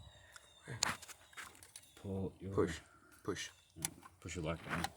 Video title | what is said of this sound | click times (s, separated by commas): chevy sonic wotbox install part 1 | you just put it on until it's down firm and then you pull this arm back and it'll self put itself on till it clicks | 0.8 s